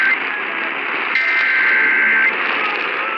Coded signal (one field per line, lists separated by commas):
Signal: Emergency Alert System (SAME) tones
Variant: header bursts